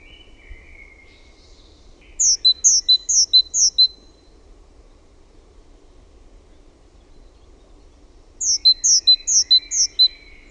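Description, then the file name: Great tit singing two bursts of ringing see-saw pairs, four pairs each, about six seconds apart, with faint lower chirps at the start and alongside the bursts. "TALITIAINEN"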